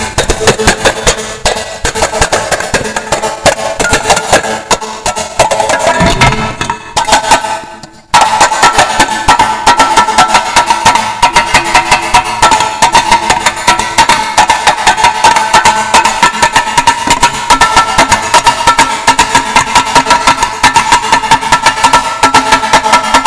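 A tin drum is struck in a fast, dense flurry of metallic hits that blur into a rattling roar. Around seven seconds the beating thins and briefly stops, then resumes even louder and steadier, with a bright ringing tone running underneath.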